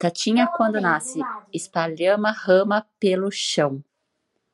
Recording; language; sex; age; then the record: short text; Brazilian Portuguese; female; 40 to 49 years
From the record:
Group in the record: control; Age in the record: 40 years